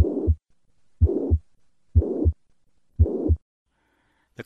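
Slow, regular heartbeat of about 60 beats a minute in an adult, with a steady blowing murmur filling the whole gap between the first and second heart sounds. This holosystolic murmur is the classic sound of mitral regurgitation, blood leaking backward through the mitral valve.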